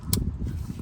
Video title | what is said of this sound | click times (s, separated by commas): BMW E46 2001-2006 330i 330ci 330xi Front Pads and Rotors | So you hear the click. | 0.1 s